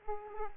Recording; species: mosquito wingbeat signal from an infrared sensor; Aedes aegypti